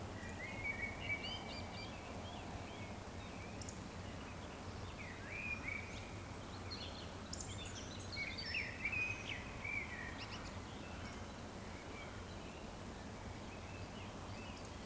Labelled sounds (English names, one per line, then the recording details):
Eurasian Woodcock whistle
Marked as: whistle, whistle, whistle, whistle, whistle
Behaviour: display flight
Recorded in Baden-Württemberg, Germany, on 15 June 2020 at 19:54 UTC
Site 14569, 102 m above sea level